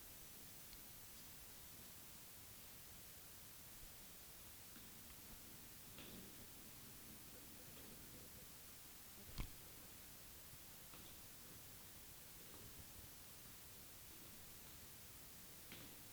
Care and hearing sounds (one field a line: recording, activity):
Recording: daily activity, guitar pickup as the sensor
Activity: go downstairs